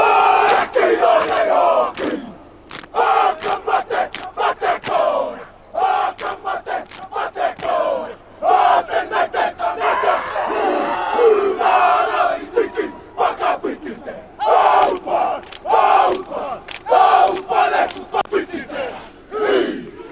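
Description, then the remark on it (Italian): A haka war chant by the All Blacks, New Zealand's national rugby team, in a rugby stadium at their match against Italy. Many male voices shout in rhythmic unison with sharp, forceful bursts and stamping beats, over a constant crowd roar. “Questa la haka degli All Blacks, della nazionale della Nuova Zelanda, che ai noi ci ha battuto gli azzurri, ma chiaramente lo spettacolo è stato impagabile.”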